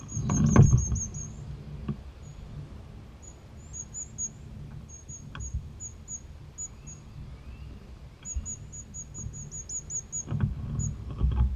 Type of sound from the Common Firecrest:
call